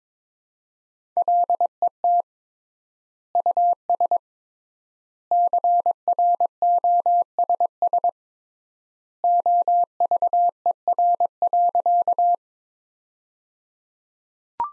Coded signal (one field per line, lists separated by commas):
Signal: Morse code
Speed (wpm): 22 wpm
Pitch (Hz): 700 Hz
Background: none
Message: LET US CROSS OVER.